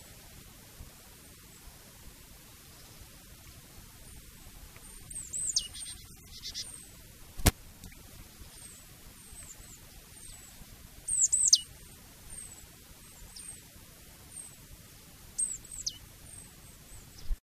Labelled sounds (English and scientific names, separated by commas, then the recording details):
Marsh Tit (Poecile palustris) call
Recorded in the wild
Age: adult
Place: Wiesenttal, Bayern, DE
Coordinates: 49.8022, 11.2617
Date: 1962
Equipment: Vollspur
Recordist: Tretzel, Erwin